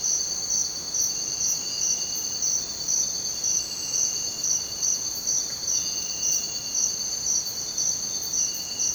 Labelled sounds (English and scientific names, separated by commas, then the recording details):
none
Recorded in dense forest near Puerto Asís, Putumayo, Colombia, on 23 June 2025 at 05:00
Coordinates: 0.484, -76.317
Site G045